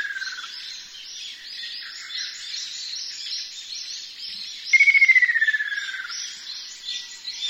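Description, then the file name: Ruddy kingfisher call: a rapid pulsed trill sliding steadily downward for over a second, with a fainter falling note at the start, over a dense high chorus of insects and small birds. "akashobin"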